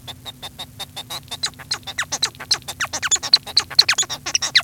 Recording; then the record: song of a male Bengalese finch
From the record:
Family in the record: son of father 1